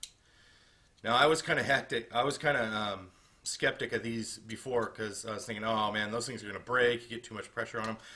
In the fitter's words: they just fold up and lock into place